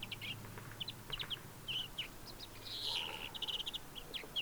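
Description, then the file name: European greenfinch calls: lively twittering chirps and short trills, a brief wheezy phrase near three seconds, with a steady low hum beneath. "Chloris chloris"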